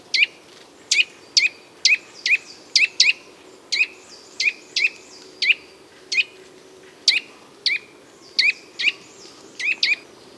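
Nuthatch giving a steady series of short, sharp notes, about two per second with brief pauses, clear and loud over a faint hiss.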